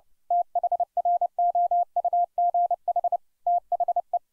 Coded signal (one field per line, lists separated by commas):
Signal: Morse code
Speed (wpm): 30 wpm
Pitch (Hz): 700 Hz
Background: none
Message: THROUGH THE